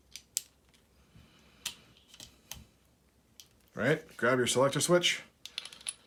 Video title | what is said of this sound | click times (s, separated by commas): Changing your first strike T15 sear and/or sear spring | Just keep pushing until you hear a click. | 0.4 s